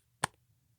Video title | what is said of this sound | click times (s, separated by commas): 121 - Saxophone vs. Bagpipe Nunchucks | yeah so it goes listen to this you can hear it latch back shut | 0.2 s